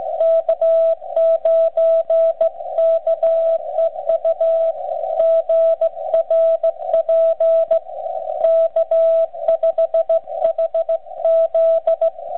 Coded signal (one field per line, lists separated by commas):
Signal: Morse code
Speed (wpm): 21 wpm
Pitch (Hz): 660 Hz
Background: radio noise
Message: K9KEU GRP K5HZ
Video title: OLD TIMERS' CW PRACTICE - BUGS AND STRAIGHT KEYS